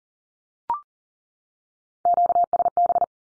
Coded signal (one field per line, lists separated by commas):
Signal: Morse code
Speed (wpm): 42 wpm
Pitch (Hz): 700 Hz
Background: none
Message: QSB